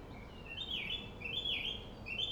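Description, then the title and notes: Song thrush song: slurred whistled notes in quick succession over faint low background noise. Singing at Friedhof Columbiadamm (Neuer Garnisonsfriedhof), a cemetery in Berlin, Germany, with distant city traffic noise; recorded on a Sony PCM D50. "Friedhof Columbiadamm, Berlin - Song thrush. Friedhof Columbiadamm (Neuer Garnisonsfriedhof), Song thrush (Singdrossel) singing, distant city. traffic noise"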